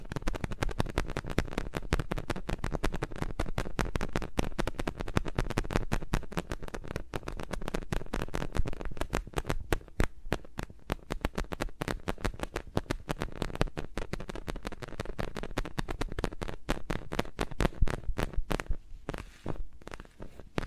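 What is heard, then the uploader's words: Fingers rub and tap around microphones with no talking, making a dense run of quick crackly scratches and soft thumps. The sounds come many times a second throughout the 21 seconds, uneven in loudness, with a low steady rumble underneath. ASMR with Mics Around My Fingers (No Talking).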